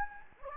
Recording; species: mosquito wingbeat signal from an infrared sensor; Anopheles gambiae